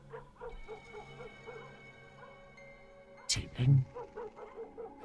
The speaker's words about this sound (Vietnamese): Ở bên dưới, con chó vẫn cứ cắn nhấm nhằng từng chập.